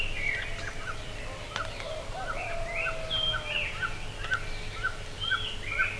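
Birds giving short chirps about twice a second, with occasional brief whistles, over steady background noise.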